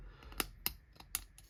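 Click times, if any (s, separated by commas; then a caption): 0.7 s. A small plastic part is gently pushed with a cocktail stick into its slot in the chassis of a 1989 Batmobile scale model car. Several sharp little plastic ticks are heard, with the part clipping into place at 0.7 s. It clips in on either side and is held, slightly off center.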